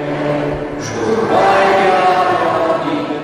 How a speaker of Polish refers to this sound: Po mszy jej uczestnicy śpiewali powstańcze piosenki.